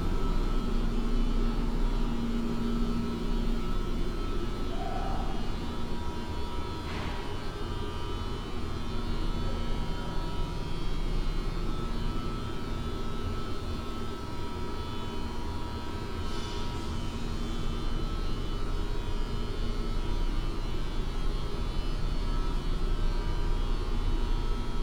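A basement HVAC system and electrical room drone on steadily: a dense low rumble with several fixed humming tones layered above it. Brief knocks or clatters break through near seconds 7 and 16, but the machinery's level hardly changes.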